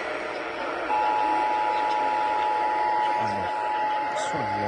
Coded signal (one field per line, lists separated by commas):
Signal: Emergency Alert System (SAME) tones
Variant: 853 and 960 Hz attention tone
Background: speech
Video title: WE HAVE A DOUBLE MUCH OF SVR'S HGX... EAS Alerts From 8/4/25 (EAS#4,474 - 4,499)